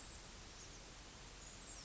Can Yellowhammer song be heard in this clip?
no